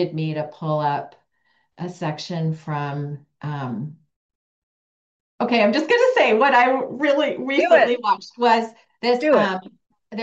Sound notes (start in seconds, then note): none